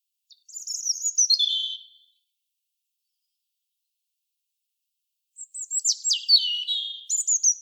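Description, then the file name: European robin song: a descending warbling phrase, a long pause, then a second phrase of high notes sliding downward. "Erithacus rubecula"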